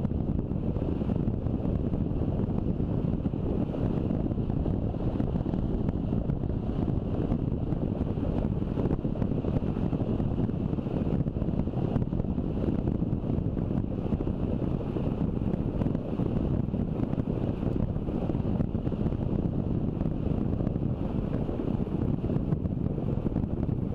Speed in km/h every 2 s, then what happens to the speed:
28, 29, 29, 29, 29, 29, 29, 29, 28, 27, 26, 25.
0-24 steady at about 29.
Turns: none.